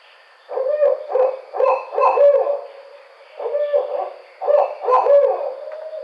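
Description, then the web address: Barred owl giving rhythmic hoot phrases, two groups of several clipped, emphatic hoots separated by a short pause, over a faint steady high hum. Recorded on 5 June 2009. "Barred Owl 2009 06 05"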